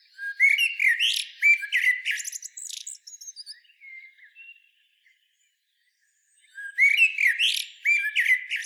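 Eurasian blackbird singing loud fluty warbles mixed with squeaky high twitters, trailing into softer notes, then a pause before the next rich phrase.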